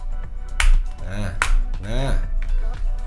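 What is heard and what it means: A pick pries the transparent Jsaux plastic back plate of a Steam Deck handheld game console open, working from the top corner. A clip lets go with a sharp snap at 0.6 s, and the back plate clip pops open, released. Someone talks over it.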